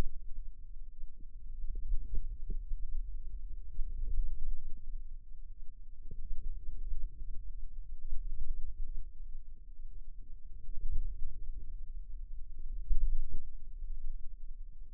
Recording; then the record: forearm muscle sounds (acoustic myography)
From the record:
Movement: radial deviation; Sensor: system 2, bracelet of six BSWA MPA416 microphones around the upper forearm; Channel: 1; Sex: female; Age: 22 years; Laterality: right